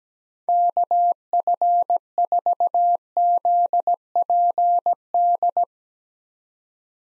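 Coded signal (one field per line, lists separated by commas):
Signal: Morse code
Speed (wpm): 17 wpm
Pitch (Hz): 700 Hz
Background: none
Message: KF4ZPD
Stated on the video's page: Morse practice of 6-character US call signs at 17 wpm, each sent, then spoken, then sent again, for head-copy.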